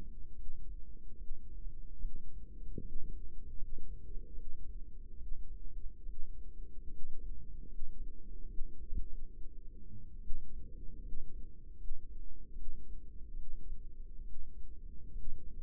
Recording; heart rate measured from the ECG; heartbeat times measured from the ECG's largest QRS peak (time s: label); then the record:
heart sounds by microphone in the right ear; 73 bpm
0.32 s: heartbeat
1.14 s: heartbeat
1.97 s: heartbeat
2.78 s: heartbeat
3.54 s: heartbeat
4.31 s: heartbeat
5.14 s: heartbeat
6.02 s: heartbeat
6.87 s: heartbeat
7.64 s: heartbeat
8.44 s: heartbeat
9.03 s: heartbeat
10.18 s: heartbeat
10.98 s: heartbeat
11.73 s: heartbeat
12.51 s: heartbeat
13.32 s: heartbeat
14.20 s: heartbeat
15.10 s: heartbeat
From the record:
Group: healthy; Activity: rest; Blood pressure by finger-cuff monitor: 152/95 mmHg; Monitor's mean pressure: 109 mmHg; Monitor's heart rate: 74 bpm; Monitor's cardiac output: 6.3 L/min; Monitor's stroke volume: 86 mL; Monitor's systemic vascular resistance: 1280 dyn s/cm5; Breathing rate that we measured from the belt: 15 breaths a minute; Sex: female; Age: 22 years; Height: 171 cm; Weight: 65.6 kg